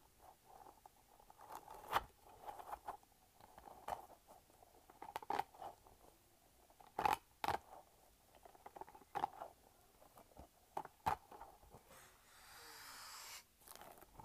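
A light-up spiky ball taps and bounces on a hard surface in a small room, with sharp knocks every second or two, sometimes in quick pairs. A faint, steady mid-pitched whine runs underneath, and a brief rustling scrape comes near the end.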